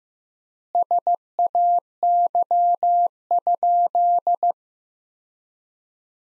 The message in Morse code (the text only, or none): SAY?